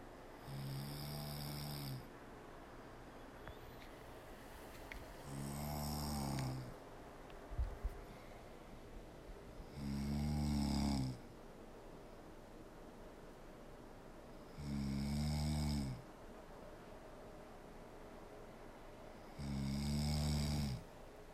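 A woman snoring in a steady rhythm: five low, buzzing snores in about 21 seconds, each lasting over a second, with quiet pauses between them.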